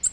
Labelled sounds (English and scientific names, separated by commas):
Nashville Warbler (Leiothlypis ruficapilla) flight call